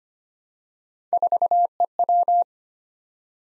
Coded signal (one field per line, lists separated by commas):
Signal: Morse code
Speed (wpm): 25 wpm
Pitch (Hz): 700 Hz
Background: none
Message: 4EW